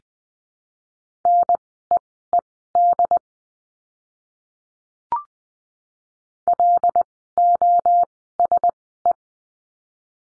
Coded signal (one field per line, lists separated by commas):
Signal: Morse code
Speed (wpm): 20 wpm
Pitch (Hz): 700 Hz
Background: none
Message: NEED LOSE